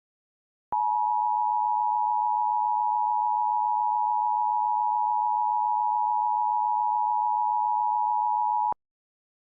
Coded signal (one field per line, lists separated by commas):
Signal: Emergency Alert System (SAME) tones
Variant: 853 and 960 Hz attention tone